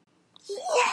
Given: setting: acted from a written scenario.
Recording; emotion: vocal sound without words; pride